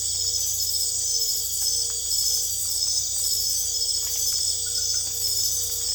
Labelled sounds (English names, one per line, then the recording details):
none
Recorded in secondary vegetation near Puerto Asís, Putumayo, Colombia, on 22 December 2024 at 22:30
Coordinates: 0.488, -76.319
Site GP04